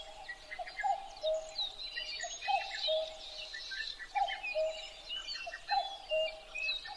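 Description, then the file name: Common cuckoo repeating its descending two-note cuck-oo about four times, over a continuous background of twittering songbirds. Recorded 12 June 2011 at 03:53. "kakkou 20110612-0353"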